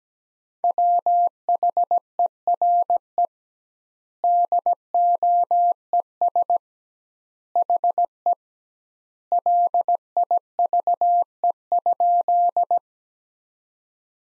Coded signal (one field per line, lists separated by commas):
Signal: Morse code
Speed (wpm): 17 wpm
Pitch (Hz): 700 Hz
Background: none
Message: WHERE DOES HE LIVE?